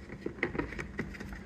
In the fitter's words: You'll actually hear a click, and then you know you're ready to power this up.